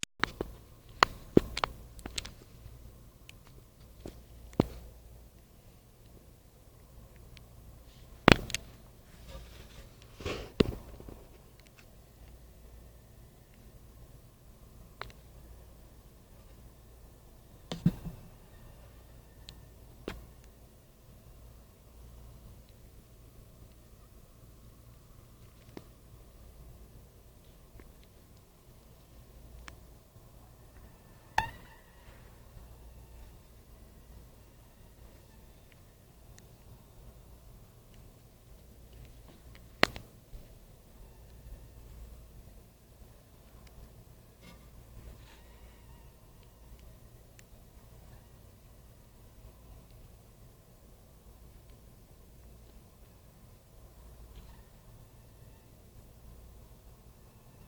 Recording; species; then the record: mosquito flight sound by mobile phone; Anopheles minimus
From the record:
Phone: Nokia 5235